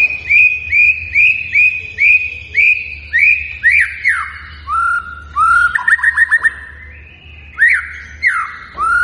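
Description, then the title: White-rumped shama song: a run of short rising whistles about twice a second, then falling slurred notes and a rapid stuttering burst of clicks and whistles. Lure song of vigorously singing birds, meant to make other birds respond. "PANCINGAN MURAI BATU GACOR, LANGSUNG RESPON"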